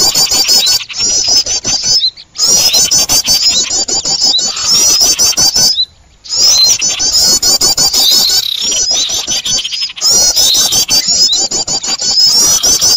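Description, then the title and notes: Birds chatter loudly in bursts of fast high trills and clicking notes, separated by a few short silent breaks. Noisy bird sounds used as a lure for catching birds. "Burung Ribut Pikat"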